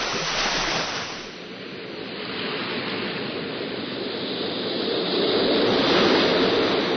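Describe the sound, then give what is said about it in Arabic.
Steady roar of sea surf washing onto the shore, a broad hiss that dips briefly then swells again as waves break and recede, with no voices present. “اي والله السكنه على البحر هان بترد الروح”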